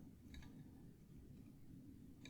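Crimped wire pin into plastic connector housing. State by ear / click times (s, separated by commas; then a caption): not seated / none. A crimped wire pin is pushed into a plastic connector housing, with only faint small ticks at about 0.3, 0.4 and 2.3 seconds over a low steady hum. The pin has not clicked into the housing, and the plastic part is not down far enough.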